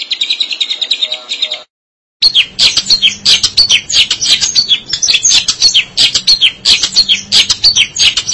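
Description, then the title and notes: Shrike song: a short buzzy phrase, a moment of silence, then a sustained, lively chatter of piercing, scratchy high notes. "Suara burung pentet"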